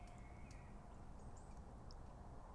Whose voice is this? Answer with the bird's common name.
Eurasian Blue Tit